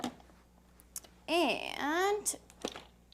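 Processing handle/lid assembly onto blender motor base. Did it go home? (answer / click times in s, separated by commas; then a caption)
yes / 2.7 s. A Ninja Pulse blender's processing handle and lid assembly is lined up with the lock icons on the motor base and turned until it locks. Someone talks, a few small ticks and taps sound, and a thunk-like hit at 2.7 s marks the assembly snapping into place on the motor base.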